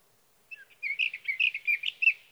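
Sage thrasher pouring out a fast warbling song of many mixed chirpy and slurred notes, quiet surroundings.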